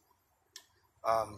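A torque wrench tightens valve cover or rocker bolts on a 3G Mitsubishi Eclipse engine after the lash adjusters are cleaned to fix a tick. The wrench gives one sharp click at about 0.6 s, signaling the set torque between 25 and 30. Someone then starts talking.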